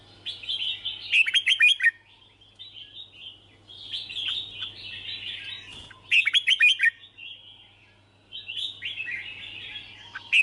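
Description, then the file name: Red-whiskered bulbul song delivered in bursts of chattering warble with crisp clicking accents, separated by short quieter gaps, roughly every four to five seconds; faint low hum beneath. Song of the 'hót chè' style. "Tieng chao mao hot che"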